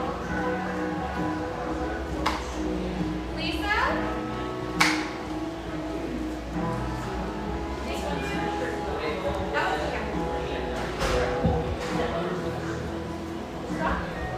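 Cafe chatter fills a steady murmur of overlapping voices, with occasional sharp clinks and taps near 2, 5 and 11 seconds.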